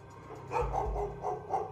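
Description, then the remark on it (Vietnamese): A dog at a nearby house barks several times in quick succession, sharp mid-pitched yaps coming in an uneven rhythm over a low rumble, with no voices present. “Bà già sợ hãi liên tục bước lùi lại, cho đến khi có tiếng con chó nhà gần đó sủa giống cả lên.”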